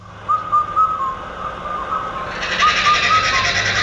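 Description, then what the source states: Indian cuckoo song, a clear whistled four-note phrase repeated a few times, the last note lower, with a steady low hum and some hiss. Played back on air; described as a musical-sounding bird.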